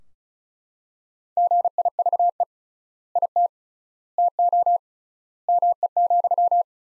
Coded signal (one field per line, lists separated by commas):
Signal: Morse code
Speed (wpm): 36 wpm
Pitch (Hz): 700 Hz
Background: none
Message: GIVE IT TO ME,